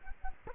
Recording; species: mosquito wingbeat signal from an infrared sensor; Culex quinquefasciatus